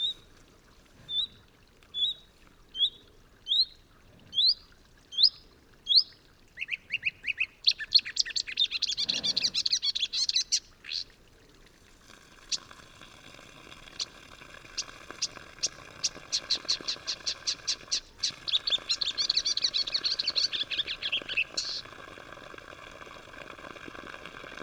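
Marsh warblers sing, first evenly spaced rising chirps, then a dense, fast, buzzing and rattling medley over a steady low background hum.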